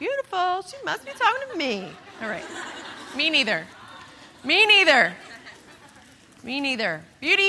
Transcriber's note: laughter